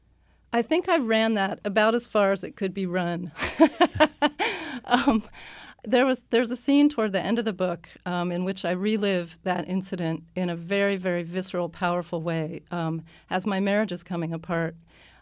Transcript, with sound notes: I think I ran that about as far as it could be run.
(LAUGHTER)
There was - there's a scene towards the end of the book in which I relive that incident in a very, very visceral, powerful way. As my marriage is coming apart,